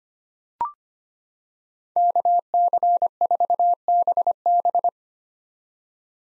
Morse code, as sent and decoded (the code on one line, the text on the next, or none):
-.- -.-. ....- -... -...
KC4BB